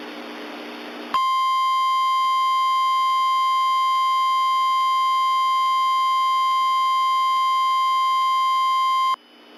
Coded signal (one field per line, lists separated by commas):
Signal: Emergency Alert System (SAME) tones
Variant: 1050 Hz attention tone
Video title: Zoo Disaster II (EAS Scenario)